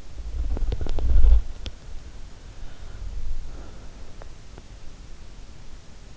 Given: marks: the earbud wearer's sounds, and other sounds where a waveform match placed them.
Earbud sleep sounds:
sounds in sleep by an in-ear microphone; body movement, breath
0.00-3.60 s: body movement
1.81-5.34 s: breath

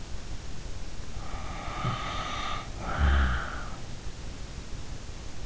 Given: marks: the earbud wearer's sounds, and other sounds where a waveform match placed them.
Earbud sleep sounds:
sounds in sleep by an in-ear microphone; snoring breath
1.12-3.75 s: snoring breath

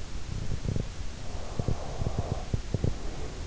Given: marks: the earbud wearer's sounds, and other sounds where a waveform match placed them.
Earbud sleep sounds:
sounds in sleep by an in-ear microphone; teeth grinding, breath
0.13-3.08 s: teeth grinding
1.36-3.47 s: breath

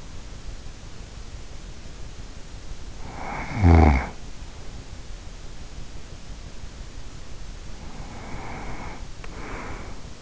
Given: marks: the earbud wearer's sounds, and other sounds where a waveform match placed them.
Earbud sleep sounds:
sounds in sleep by an in-ear microphone; snoring breath, breath
2.85-4.44 s: snoring breath
7.53-10.22 s: breath

